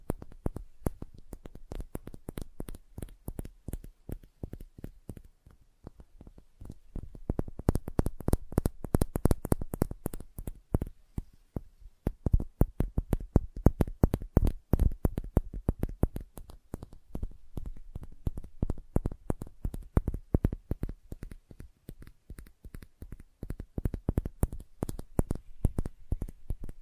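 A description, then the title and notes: Sensitive tapping, fast irregular clusters of sharp taps throughout, briefly thinning near six and eleven seconds before resuming densely. Sensitive Tapping.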